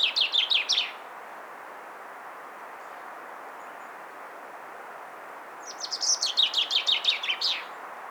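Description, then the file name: Common chaffinch song: the end of one phrase, a long pause, then a full phrase of rapid notes falling in pitch to a flourish, against soft background noise. "Fringilla coelebs"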